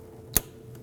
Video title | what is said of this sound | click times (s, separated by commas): How to Replace Fuel Pump Module Assembly 2008-2011 Ford Focus 2.0L L4 | You're going to hear it click in and then push the lock down. | 0.4 s